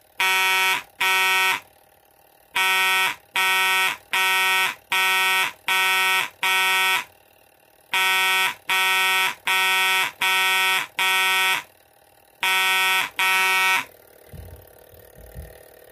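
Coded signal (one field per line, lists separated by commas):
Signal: coded fire alarm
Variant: code wheel pull station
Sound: harsh buzzing alarm pulses in groups with pauses between, roughly two, six, six, two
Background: small room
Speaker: you'll see the code wheel hit those notches right there and code the fire alarm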